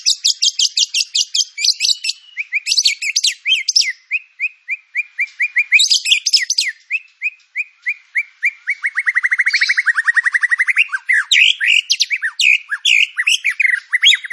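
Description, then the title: White-rumped shama song, a dense nonstop stream of fast rattling trills, buzzy notes and rising whistled phrases with hardly any break. Lure song of white-rumped shama, full filler (isian) material used for training birds. "PANCINGAN MURAI BATU. MURAI BATU FULL MATERI ISIAN"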